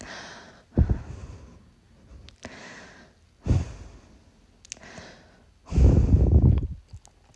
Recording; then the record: deep breathing after running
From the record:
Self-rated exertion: moderate exertion (3 of 6); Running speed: 6 miles an hour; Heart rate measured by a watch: 94 beats a minute at the start, 96 at the end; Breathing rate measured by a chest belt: 19 breaths a minute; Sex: female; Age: 18 years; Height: 167 cm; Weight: 50 kg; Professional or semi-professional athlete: no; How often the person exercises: 1 to 2 times a week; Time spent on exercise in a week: 1 to 2 hours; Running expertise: no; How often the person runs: 1 to 2 times a week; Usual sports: running, walking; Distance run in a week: 1 to 2 km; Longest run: 6 km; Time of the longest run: 34 minutes